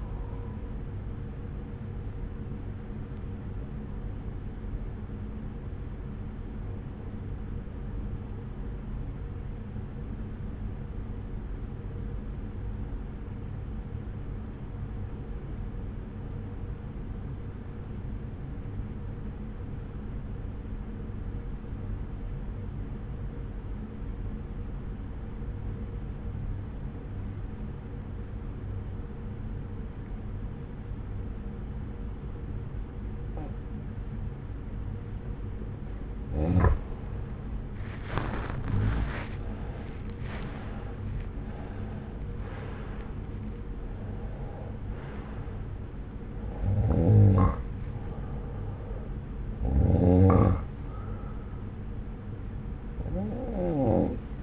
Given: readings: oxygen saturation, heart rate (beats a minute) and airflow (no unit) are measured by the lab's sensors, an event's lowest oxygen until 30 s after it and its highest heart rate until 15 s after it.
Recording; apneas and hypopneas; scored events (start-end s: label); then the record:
breathing in sleep by a smartphone at the bedside; 1
5.00-37.30 s: obstructive apnea (N1, oxygen 95% highest, then 87% lowest)
22.00-52.00 s: new sleep stage, N2 (light sleep)
52.00-54.43 s: new sleep stage, N1 (lightest sleep)
From the record:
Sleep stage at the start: N1 (lightest sleep); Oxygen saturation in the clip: 87 to 95%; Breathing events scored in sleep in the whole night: 303 in 8.1 hours asleep